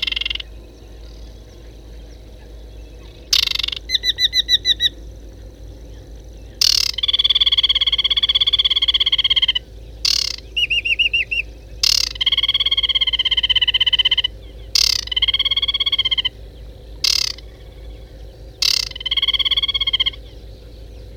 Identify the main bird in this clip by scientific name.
Acrocephalus paludicola